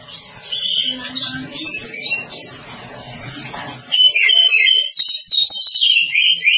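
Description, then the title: Oriental magpie-robin song: quiet twittering over a low rumble gives way to a loud, fast, varied sequence of rich whistled and trilled notes. "Kacer"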